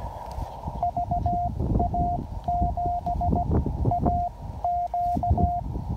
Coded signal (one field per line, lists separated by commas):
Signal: Morse code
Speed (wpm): 16 wpm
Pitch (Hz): 700 Hz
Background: none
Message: VA7AQ